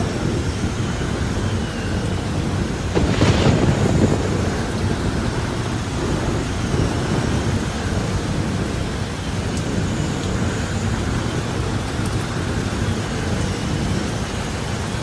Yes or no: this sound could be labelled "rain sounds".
yes